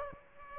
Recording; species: mosquito wingbeat signal from an infrared sensor; Aedes aegypti